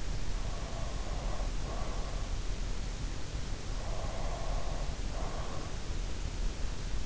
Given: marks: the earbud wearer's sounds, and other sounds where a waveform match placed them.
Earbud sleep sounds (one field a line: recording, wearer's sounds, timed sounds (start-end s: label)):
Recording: sounds in sleep by an in-ear microphone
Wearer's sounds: breath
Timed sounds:
0.25-2.26 s: breath
3.81-5.97 s: breath